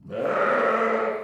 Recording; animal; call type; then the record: contact call of a hoofed animal; sheep; low-frequency (closed-mouth) or high-frequency (open-mouth) call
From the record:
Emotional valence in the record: negative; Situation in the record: short social isolation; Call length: 1.24 s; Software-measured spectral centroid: 1340 Hz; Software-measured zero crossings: 1600 a second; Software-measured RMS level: -24 dBFS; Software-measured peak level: -11 dBFS